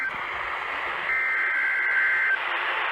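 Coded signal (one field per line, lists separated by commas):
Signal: Emergency Alert System (SAME) tones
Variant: header bursts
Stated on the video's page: Real EAS alerts including test alerts.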